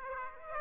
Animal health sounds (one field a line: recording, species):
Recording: mosquito wingbeat signal from an infrared sensor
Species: Aedes aegypti